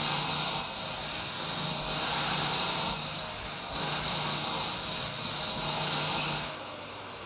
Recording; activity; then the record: daily activity, microphone in the room; vacuum cleaning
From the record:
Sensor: 2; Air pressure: 990.9 hPa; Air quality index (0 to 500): 135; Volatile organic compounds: 177 ppm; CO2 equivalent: 4132 ppm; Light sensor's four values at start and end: 21/50/20/20 and 21/50/20/20